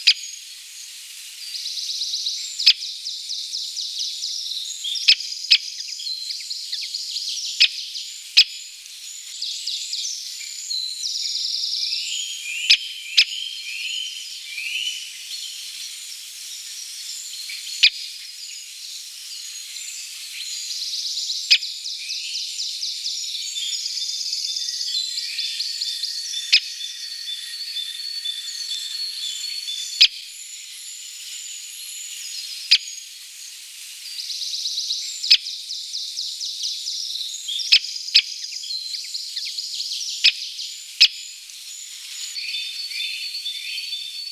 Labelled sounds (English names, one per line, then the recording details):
Great Spotted Woodpecker drumming
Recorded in the wild
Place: Gottenheim / Freiburg im Breisgau, Baden-Württemberg, DE
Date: 1987-04-12
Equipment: Alparon-Reflektor
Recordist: Schwarz, Dieter